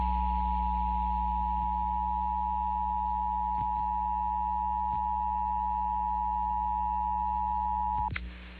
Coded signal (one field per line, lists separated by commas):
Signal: Emergency Alert System (SAME) tones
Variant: 853 and 960 Hz attention tone